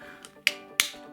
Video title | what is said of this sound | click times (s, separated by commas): Victure AC920 Action Cam Unboxing and Review! Compared to Canon G50 4K | good fit snaps into place right | 0.5 s, 0.8 s